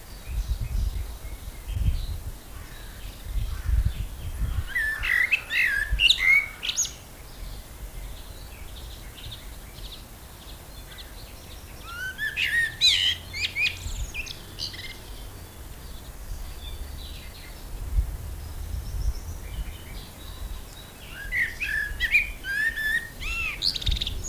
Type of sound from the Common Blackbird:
song